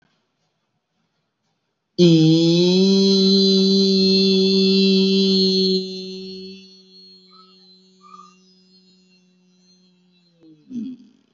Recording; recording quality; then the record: sustained vowel as in beet; excellent, no background noise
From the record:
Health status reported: healthy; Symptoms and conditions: none ticked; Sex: male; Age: 26 years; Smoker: not ticked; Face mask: not worn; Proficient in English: yes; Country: India